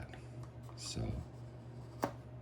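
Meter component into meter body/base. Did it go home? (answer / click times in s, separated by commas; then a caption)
yes / 2.0 s. A water meter component is pressed into its meter body/base, giving a single sharp click at 2.0 s as it locks into place and seats. Someone talks briefly before it.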